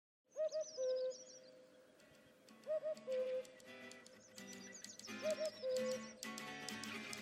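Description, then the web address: Cuckoo calls: a hollow two-note phrase, the second note lower and longer, given three times about every two and a half seconds, with high chirps and clattering sounds around it. "cave cuckoo"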